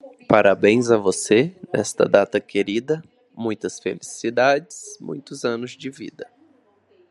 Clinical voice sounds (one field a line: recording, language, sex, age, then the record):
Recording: short text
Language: Brazilian Portuguese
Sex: male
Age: 30 to 39 years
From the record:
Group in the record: control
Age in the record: 32 years